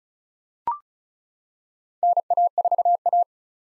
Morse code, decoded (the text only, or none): NA4A